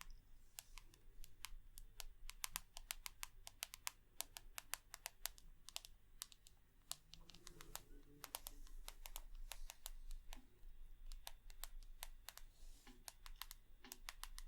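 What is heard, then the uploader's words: Sharp, irregular tapping clicks in quick clusters over a low steady hum, with faint murmuring voices drifting in around the middle. Tapping.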